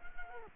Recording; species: mosquito wingbeat signal from an infrared sensor; Culex quinquefasciatus